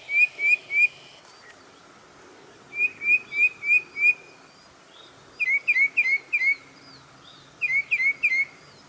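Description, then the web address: Bird song of short phrases, each a few quick whistled notes, repeated after pauses of one to two seconds. "az brid sounds"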